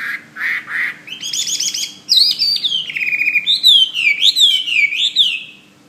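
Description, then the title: Bird song opening with three short chirps, then buzzy stacked notes, a descending whistle, and looping warbled whistles that rise and fall. "SuaraBurung Kicau"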